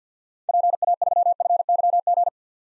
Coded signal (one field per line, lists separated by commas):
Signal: Morse code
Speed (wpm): 50 wpm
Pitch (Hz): 700 Hz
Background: none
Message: PA3FYG